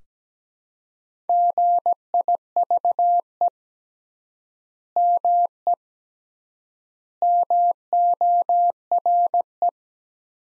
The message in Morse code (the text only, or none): GIVE ME MORE